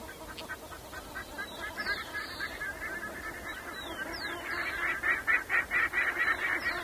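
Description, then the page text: Black-faced Ibis calls, a rapid series of nasal honking notes growing louder toward the end, with thin high chirps from other birds above. Argentina. "Fotos de aves de Argentina"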